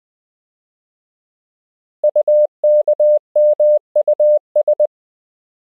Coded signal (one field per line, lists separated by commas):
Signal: Morse code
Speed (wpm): 20 wpm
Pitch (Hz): 600 Hz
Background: none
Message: UKMUS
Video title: Morse Code — Koch Method Lesson 4 (KMRSU)